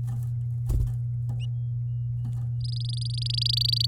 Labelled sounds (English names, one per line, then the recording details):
Domestic Canary song
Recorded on 10 May 2018 at 11:45
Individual llb16